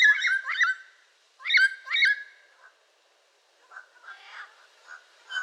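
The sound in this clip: Yellow-crowned amazon calling: two pairs of loud, harsh up-and-down squawks, followed by softer, rougher mutterings and a final short squawk.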